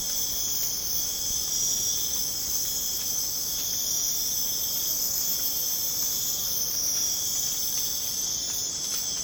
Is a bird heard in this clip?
no